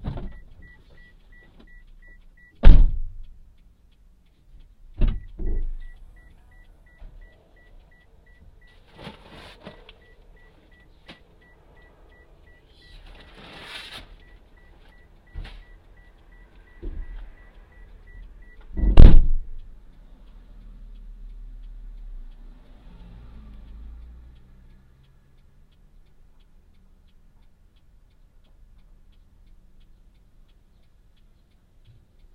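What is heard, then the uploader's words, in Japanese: Someone gets into a car to drive to a farm stand: sharp door-like thumps near 3, 5, 15 and 19 seconds, with clicks, rustling and a faint steady beeping tone until about 19 seconds. Afterward a low engine rumble runs quietly through the rest. 環境音 直売所へ店出し。直売所へクルマで向かう。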